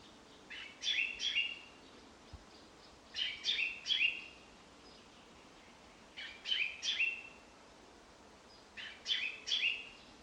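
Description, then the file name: Common chaffinch calls: short clusters of a few sharp, bright chirps recurring about every three seconds, with a quiet background between bursts. "Fringilla coelebs"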